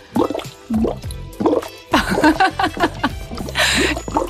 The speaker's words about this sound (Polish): Ty możesz sobie bulgotać, a ja powiem o tej książce, dobra?